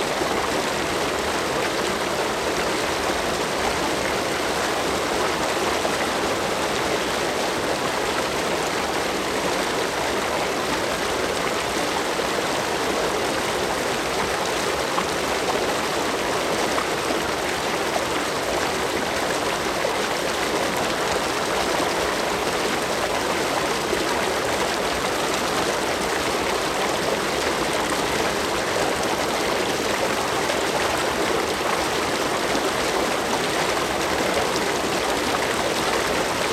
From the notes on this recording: waterfall sound only